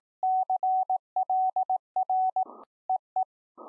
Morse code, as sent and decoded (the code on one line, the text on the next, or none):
-.-. .-.. .-. / . .
CLR EE